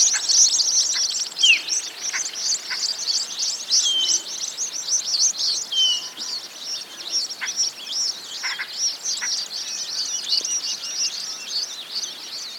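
Bird calls: continuous high, busy twittering with occasional sliding whistled notes and faint ticking sounds throughout.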